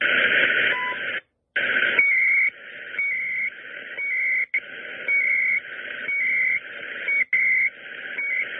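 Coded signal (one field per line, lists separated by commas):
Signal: radio time signal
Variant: CHU, 300-baud FSK timecode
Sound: a short tick, then once a second a brief high tone and data warble in hiss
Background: radio static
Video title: CHU Canada Time Signal 2/17/21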